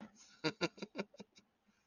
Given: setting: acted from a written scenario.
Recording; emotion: vocal sound without words; positive surprise